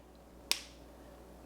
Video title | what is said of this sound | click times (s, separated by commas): Bops N' Flops//September 2020 | about this because it means that you know you have to hear the click | 0.5 s